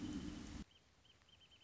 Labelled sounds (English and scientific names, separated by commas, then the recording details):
Wrentit (Chamaea fasciata)
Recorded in Sonoma County, California